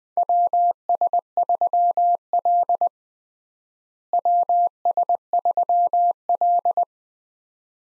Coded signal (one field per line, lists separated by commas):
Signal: Morse code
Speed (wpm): 21 wpm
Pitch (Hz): 700 Hz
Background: none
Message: WS3L WS3L